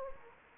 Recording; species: mosquito wingbeat signal from an infrared sensor; Anopheles gambiae